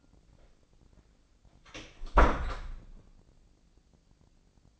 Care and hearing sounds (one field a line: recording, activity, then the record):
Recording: daily activity, microphone in the room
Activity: close door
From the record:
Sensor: 5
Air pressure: 1009.4 hPa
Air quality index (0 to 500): 166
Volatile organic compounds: 2 ppm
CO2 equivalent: 1270 ppm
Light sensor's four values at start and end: 159/378/160/173 and 158/375/159/172